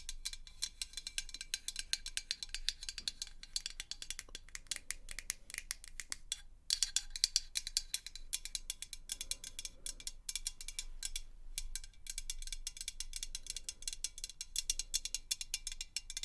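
Fast, dense tapping clicks run continuously and unevenly, bright and sharp, with brief pauses near six-and-a-half and eleven seconds.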